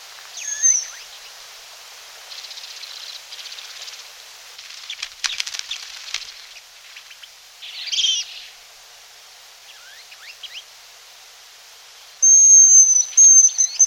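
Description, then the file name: Hazel grouse giving very high, thin whistled notes at the start and again near the end, with faint scattered chirps between. "jeřábek-lesní"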